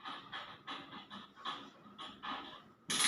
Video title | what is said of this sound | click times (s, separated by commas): MC4 How to Crimps properly to use crimp tools... | till it clicks and as you can see it's done just like that much much much faster | 0.3 s, 2.9 s